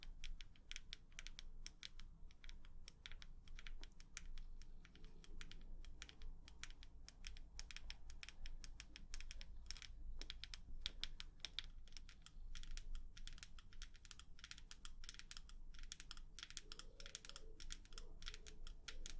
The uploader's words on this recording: ASMR 100% Tapping For SleepRelaxation (Long Nails).